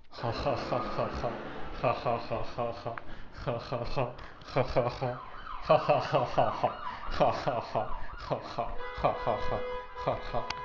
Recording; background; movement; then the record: laughter; traffic; walking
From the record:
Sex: male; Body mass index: 23.7 kg/m2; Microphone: on the chest, facing outward